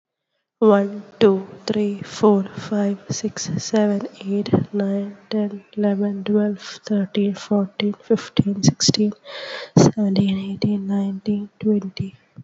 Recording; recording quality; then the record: counting at a normal pace; excellent, no background noise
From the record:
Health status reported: COVID-19 positive, moderate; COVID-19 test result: positive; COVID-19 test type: RT-PCR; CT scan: not taken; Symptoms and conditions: fever, fatigue, loss of smell and taste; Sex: female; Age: 21 years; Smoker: no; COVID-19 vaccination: both doses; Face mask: not worn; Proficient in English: yes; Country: India